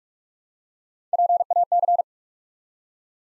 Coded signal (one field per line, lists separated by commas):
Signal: Morse code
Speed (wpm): 47 wpm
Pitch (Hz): 700 Hz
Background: none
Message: PAC